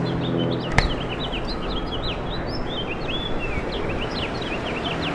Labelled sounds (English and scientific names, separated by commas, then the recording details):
House Finch (Haemorhous mexicanus) song
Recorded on Long Island, New York, on 6 April 2012
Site BH
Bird B